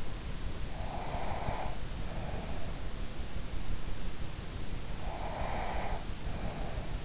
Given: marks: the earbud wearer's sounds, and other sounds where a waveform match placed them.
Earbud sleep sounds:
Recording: sounds in sleep by an in-ear microphone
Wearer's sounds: breath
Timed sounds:
0.74-2.67 s: breath
5.01-7.05 s: breath

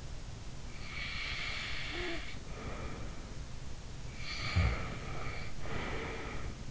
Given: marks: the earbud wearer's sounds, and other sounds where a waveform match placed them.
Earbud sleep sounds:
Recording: sounds in sleep by an in-ear microphone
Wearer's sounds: snoring breath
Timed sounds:
0.85-3.54 s: snoring breath
4.42-6.71 s: snoring breath

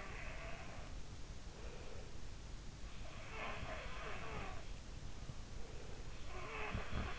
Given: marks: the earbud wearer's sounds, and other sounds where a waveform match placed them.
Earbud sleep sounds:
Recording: sounds in sleep by an in-ear microphone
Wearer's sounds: breath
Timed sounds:
0.00-0.90 s: sound from someone else or the room
1.44-2.15 s: breath
3.16-4.65 s: sound from someone else or the room
5.36-6.09 s: breath
6.22-7.19 s: sound from someone else or the room

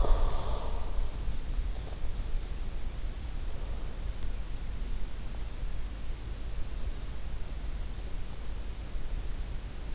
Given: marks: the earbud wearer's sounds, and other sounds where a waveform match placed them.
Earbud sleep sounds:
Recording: sounds in sleep by an in-ear microphone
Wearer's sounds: breath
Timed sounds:
0.00-0.85 s: breath

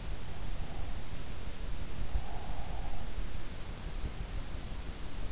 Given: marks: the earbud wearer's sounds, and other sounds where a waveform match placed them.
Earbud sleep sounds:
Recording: sounds in sleep by an in-ear microphone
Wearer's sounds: breath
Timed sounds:
2.23-3.12 s: breath

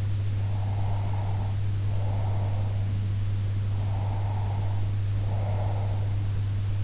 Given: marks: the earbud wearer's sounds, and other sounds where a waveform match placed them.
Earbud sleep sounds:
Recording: sounds in sleep by an in-ear microphone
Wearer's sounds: breath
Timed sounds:
0.38-2.87 s: breath
3.73-6.16 s: breath

